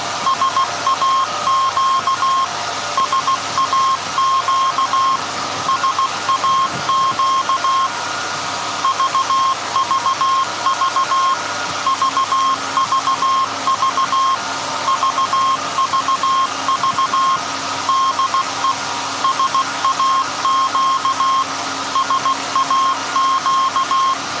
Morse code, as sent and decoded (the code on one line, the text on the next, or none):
... .- --.- / ... .- --.- / ... .- --.- / ...- ...- ...- / ...- ...- ...- / ...- ...- ...- / -.. . / ... .- --.- / ... .- --.-
SAQ SAQ SAQ VVV VVV VVV DE SAQ SAQ